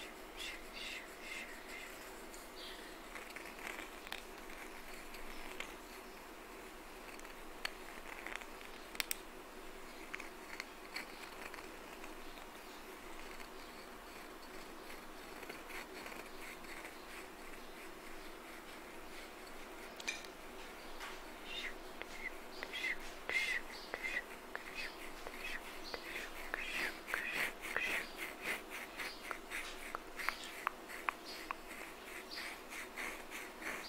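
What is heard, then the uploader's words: Scratching and tapping, made of dense, irregular clicks and short scrapes, run through the whole stretch. They grow busier and sharper after about twenty seconds. A faint steady hum sits underneath the entire time. ASMR Scratching & Tapping!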